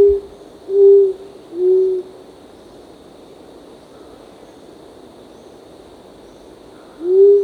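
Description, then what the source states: Short-toed coucal giving deep, mellow hoots, three evenly spaced at about one per second, then a pause and one more hoot; a faint steady high hum runs throughout. Recorded on 1 April 2006.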